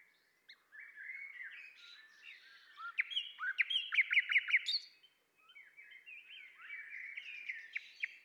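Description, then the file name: Common nightingale singing a varied phrase of warbled notes that builds to a fast series of sharp repeated chips, then pauses before softer twittering resumes. "Luscinia megarhynchos"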